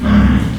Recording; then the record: squeal of a Yucatan mini pig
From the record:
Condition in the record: after surgery on the right vocal fold (resection and tissue-engineered implant); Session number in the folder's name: 17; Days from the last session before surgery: 195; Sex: female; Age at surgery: 19 weeks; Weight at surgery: 25 kg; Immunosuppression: prednisolone